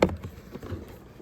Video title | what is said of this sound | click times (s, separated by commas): Remove & Replace Inner Door Handle 2008-2018 Dodge Caravan | make sure that this gets routed down it just pops into this right here | 0.0 s